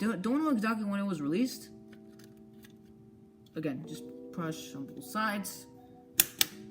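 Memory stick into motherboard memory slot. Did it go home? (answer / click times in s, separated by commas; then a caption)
yes / 6.2 s, 6.4 s. A 1 GB memory stick is pressed down on both ends into a motherboard DIMM slot while someone talks, with a steady hum in the background. Two sharp clicks at 6.2 s and 6.4 s mark the retention clips snapping shut on each side, and the stick is seated.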